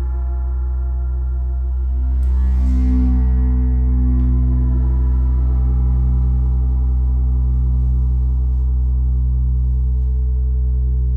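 A gong bath: a deep, steady drone of layered low tones hums throughout. Around two seconds a gong is struck, adding a brighter shimmering wash and swelling tones that slowly fade, with a lighter touch near four seconds, while the low hum sustains.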